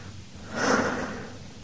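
One soft, breathy cough rises and fades over about half a second, with no talking around it and a low steady hum underneath.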